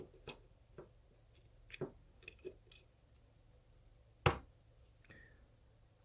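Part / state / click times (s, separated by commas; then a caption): LCD/touch screen connector into handheld GPS mainboard socket / seated / 4.3 s. During a screen replacement on a Garmin TriTronics Alpha 100 handheld GPS, the LCD/touch screen's connector is pressed into its socket on the mainboard. A few soft ticks and taps come first, then a sharp, loud click at 4.3 s. The connector is seated, confirmed by that audible engagement.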